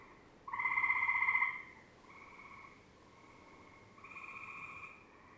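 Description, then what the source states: Gray tree frog trills: a loud pulsed trill followed by three fainter trills. Played recording; a slower call than the Cope's gray tree frog; the frog takes one breath and resonates it through its vocal sac.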